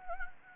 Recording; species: mosquito wingbeat signal from an infrared sensor; Anopheles gambiae